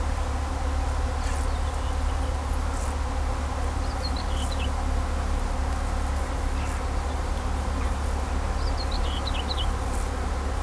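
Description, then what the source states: Bee: low droning hum of bees mixed with steady traffic rumble; a bird sings brief falling twittery phrases twice. Bees buzzing in vineyards at Kallstadt, Germany, rural setting, with birds singing and road traffic noise in the background.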